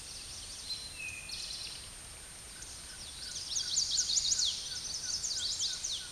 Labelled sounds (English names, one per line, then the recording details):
Eastern Towhee song
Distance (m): 25 m
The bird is about 5 m above the microphone
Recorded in a Pennsylvania forest on 16 May 2024 at 08:28
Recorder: AudioMoth, point MSD-2494
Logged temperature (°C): 15.6 °C
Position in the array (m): 169 m, 190 m